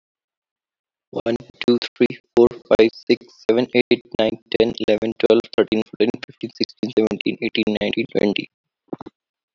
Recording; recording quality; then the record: counting at a fast pace; excellent, no background noise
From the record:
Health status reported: healthy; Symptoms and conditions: none ticked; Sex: male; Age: 25 years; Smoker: not ticked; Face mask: not worn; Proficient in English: yes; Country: India